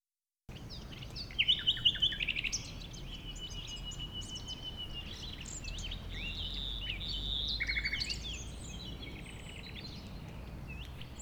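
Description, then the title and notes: Common nightingale song opens with a loud burst of repeated notes, then varied chirps and a buzzy rattling trill. A nightingale, one of a few settled on the banks of a stream forming a pond 1500 m from the A20; recorded around 8 am on Sunday 12 April. "Un Rossignol Envers Et Contre Tout. un rossignol venu avec quelques autres s'installer sur les rives d'un ruisseau formant un étang à 1500 mètres de l'A 20. Ces moments ont été enregistrés vers 8h le dimanche 12 avril"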